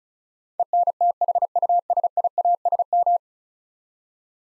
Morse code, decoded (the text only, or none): ENTHUSIASM